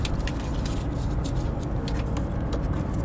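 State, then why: Not seated. A wiring harness connector for a fog light on a Freightliner Cascadia truck is picked up and lined up before being pushed home. Only soft handling noises and a few faint ticks are heard over a steady low rumble. Nothing has seated or clicked yet.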